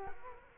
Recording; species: mosquito wingbeat signal from an infrared sensor; Culex quinquefasciatus